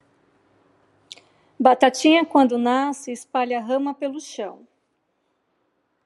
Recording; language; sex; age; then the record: short text; Brazilian Portuguese; female; 40 to 49 years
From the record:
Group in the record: control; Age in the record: 43 years